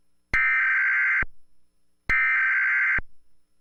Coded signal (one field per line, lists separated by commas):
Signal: Emergency Alert System (SAME) tones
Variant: header bursts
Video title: American Emergency Alert System Sparta Version